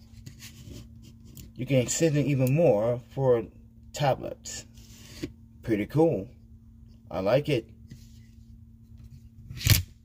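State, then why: Not seated. Someone talks while handling the plastic phone holder mount on a Kraftgeek selfie-stick tripod, extending part of it with a few brief handling noises and a short, sharp sound just before the end. Nothing has seated or clicked yet.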